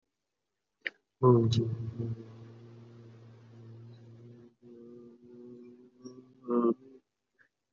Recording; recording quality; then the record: sustained vowel as in boot; poor, much background noise or distortion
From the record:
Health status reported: COVID-19 positive, mild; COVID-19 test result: positive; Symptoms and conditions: cough, chronic lung disease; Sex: male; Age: 52 years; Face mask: not worn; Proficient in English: yes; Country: India